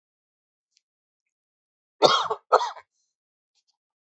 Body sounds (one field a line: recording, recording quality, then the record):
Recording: shallow voluntary cough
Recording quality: excellent, no background noise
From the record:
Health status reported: COVID-19 positive, moderate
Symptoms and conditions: cough, cold, breathing difficulty, sore throat, fever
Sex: male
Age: 51 years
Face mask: worn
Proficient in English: yes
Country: India